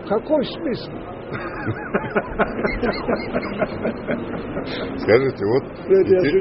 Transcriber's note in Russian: смех